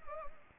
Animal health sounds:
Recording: mosquito wingbeat signal from an infrared sensor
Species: Anopheles arabiensis

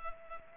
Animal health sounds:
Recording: mosquito wingbeat signal from an infrared sensor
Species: Culex pipiens

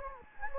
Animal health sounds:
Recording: mosquito wingbeat signal from an infrared sensor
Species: Anopheles gambiae

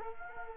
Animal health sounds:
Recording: mosquito wingbeat signal from an infrared sensor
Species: Culex quinquefasciatus

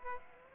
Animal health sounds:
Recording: mosquito wingbeat signal from an infrared sensor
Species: Aedes aegypti

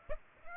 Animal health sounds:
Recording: mosquito wingbeat signal from an infrared sensor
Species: Aedes aegypti

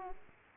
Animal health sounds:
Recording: mosquito wingbeat signal from an infrared sensor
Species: Aedes aegypti

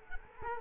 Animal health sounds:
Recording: mosquito wingbeat signal from an infrared sensor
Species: Culex quinquefasciatus

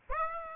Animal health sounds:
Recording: mosquito wingbeat signal from an infrared sensor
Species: Aedes aegypti

